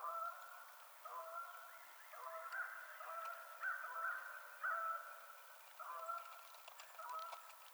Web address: Canada Goose 2007 03 21 Canada Goose 01